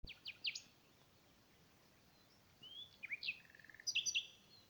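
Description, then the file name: Common nightingale song fragments: quick downslurred whistles at the start, a pause, then rising and falling notes with a short rapid stutter and sharp high chips. "Luscinia megarhynchos"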